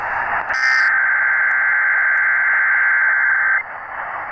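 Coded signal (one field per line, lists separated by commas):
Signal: Emergency Alert System (SAME) tones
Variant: header bursts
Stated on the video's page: Amber Alert relayed by the National Weather Service at the request of the state emergency management agency, an urgent immediate broadcast.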